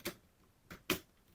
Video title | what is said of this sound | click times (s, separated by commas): Playmates - Mighty Morphin Power Rangers Season 2 Thunder Megazord - Review | And then we want to just push that in there. You should be able to hear a click there. | 0.9 s